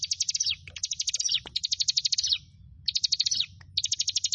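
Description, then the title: Prinia song of fast, buzzy, high trilled phrases repeated in close succession, each tailing downward, with a couple of clicks. "Ciblek Sawah"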